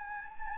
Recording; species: mosquito wingbeat signal from an infrared sensor; Anopheles gambiae